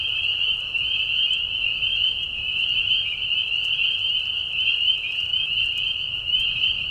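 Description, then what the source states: Spring peeper chorus: many high whistled peeps overlapping into an unbroken, even ringing sound from start to finish. Chorus of peepers in a marsh at night, mating call during a very short spring season; high whistles at low volume; Tiny Marsh Conservation Area, Tiny, Ontario.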